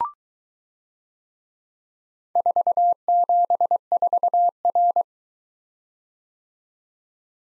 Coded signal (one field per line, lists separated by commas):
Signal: Morse code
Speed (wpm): 23 wpm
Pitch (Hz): 700 Hz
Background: none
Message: 474R